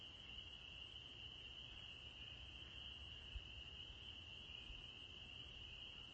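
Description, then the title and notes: Spring peeper evening chorus heard as a constant high ringing drone of overlapping calls, one brief soft thump midway, low rumble beneath. Evening chorus in spring, 9 April 2021; the peepers have just returned. "April 9, 2021. the spring peepers have returned! I’ve recorded their evening symphony"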